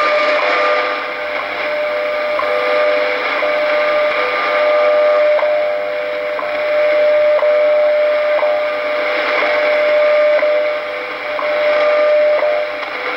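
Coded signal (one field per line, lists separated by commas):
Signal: radio time signal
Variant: WWV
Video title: WWV 5 Mhz with slight WWVH underneath July 3rd 2016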